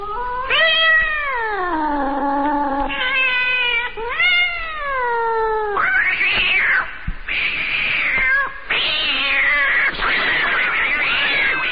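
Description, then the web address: Cat giving a series of loud rising and falling meows, some drawn out, later turning harsher and more strained. "koshka"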